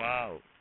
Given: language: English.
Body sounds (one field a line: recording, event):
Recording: throat vibration sensor signal played as sound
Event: speech